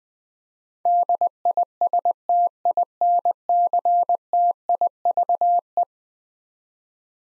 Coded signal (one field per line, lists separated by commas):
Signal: Morse code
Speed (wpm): 20 wpm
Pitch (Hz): 700 Hz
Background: none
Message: DISTINCTIVE